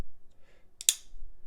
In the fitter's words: just like that everything is now popped into place and seated